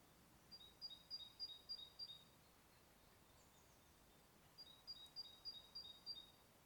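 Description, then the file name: Great tit giving two runs of quick, high, alternating two-tone notes, each under two seconds long, separated by a gap of about two seconds, over faint hiss. "Parus major"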